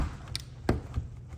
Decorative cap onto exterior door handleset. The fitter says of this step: just push until you hear the snap in place, and now it's in place. It won't come off.